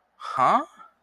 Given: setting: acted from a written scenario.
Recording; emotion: vocal sound without words; confusion